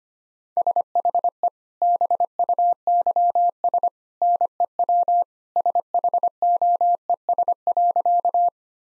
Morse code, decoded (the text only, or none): SHE BUYS NEW SHOES.